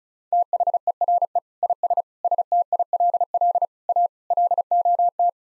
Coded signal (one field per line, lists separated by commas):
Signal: Morse code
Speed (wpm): 36 wpm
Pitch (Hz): 700 Hz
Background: none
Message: THERE IS STILL A LOT